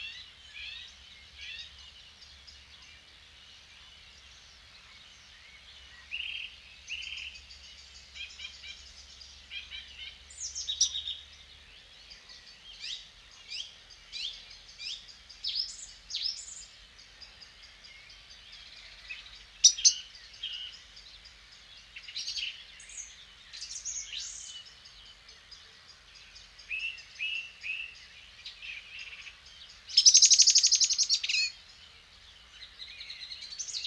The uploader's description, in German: Eine Kunstkopfaufnahme eines Abends in der Lehmgrube.